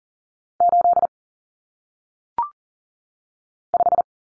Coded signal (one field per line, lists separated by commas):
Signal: Morse code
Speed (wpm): 40 wpm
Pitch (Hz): 700 Hz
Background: none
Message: 8 5